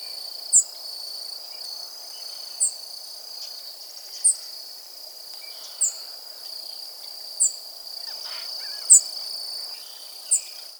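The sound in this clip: Savannah sparrow thin, high call notes, single short chips repeated roughly every one and a half seconds over a steady insect-like hiss.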